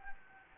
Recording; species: mosquito wingbeat signal from an infrared sensor; Anopheles gambiae